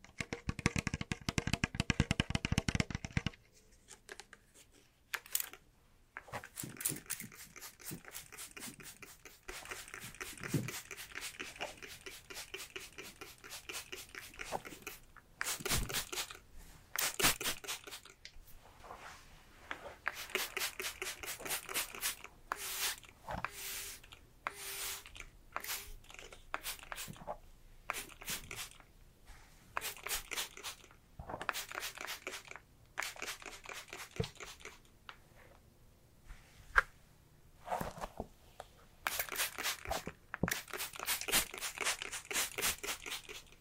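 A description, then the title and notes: Crackly brushing and scratching through hair, with dense rapid bristle strokes and occasional sharper crunches. ASMR Tingly Hairplay Brushing, Scalp Massage, Haircut (No Talking).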